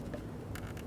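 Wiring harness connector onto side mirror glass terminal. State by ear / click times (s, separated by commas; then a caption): not seated / none. A wiring harness connector for the mirror heater wire is being lined up and slid onto the terminal on the side mirror glass of a 2013-2020 Ford Fusion. Only low, steady background rumble and some brief soft broadband rustles are heard. Nothing has seated or clicked yet.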